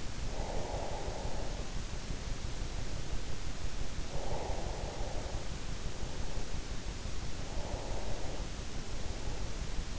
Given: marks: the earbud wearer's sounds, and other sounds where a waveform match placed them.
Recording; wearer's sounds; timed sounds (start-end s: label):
sounds in sleep by an in-ear microphone; breath
0.00-3.58 s: breath
3.77-6.93 s: breath
7.28-9.93 s: breath